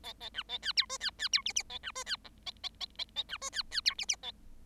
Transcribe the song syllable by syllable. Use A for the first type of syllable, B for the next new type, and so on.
A A B A C D E C C D F F A B E C G A A A A A B E C C D F F A